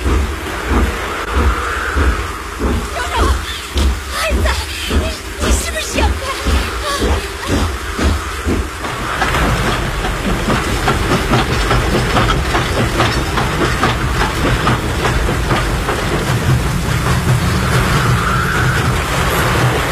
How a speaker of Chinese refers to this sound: 火车终于顺利通过了，路基和铁轨都完好无损，所有为之付出过心血的人都兴奋地流出了热泪。